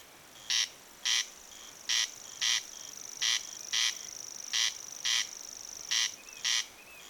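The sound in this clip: Corn crake rasping call, harsh double notes 'crex crex' repeated in pairs, over a steady high-pitched whine in the background.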